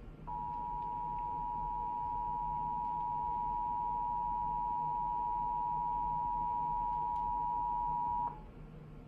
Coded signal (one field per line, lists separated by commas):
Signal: Emergency Alert System (SAME) tones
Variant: 853 and 960 Hz attention tone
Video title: EAS #31 - Nebraska December Required Monthly Test